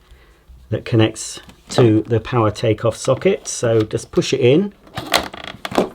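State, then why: Seated. Someone talks while the three-prong connector on a Hoover Sensotronic Total System 50 vacuum cleaner hose is pushed into the cleaner's power take-off socket. A short run of sharp transients near the end includes a clear click at 5.6 s as the connector seats in the socket.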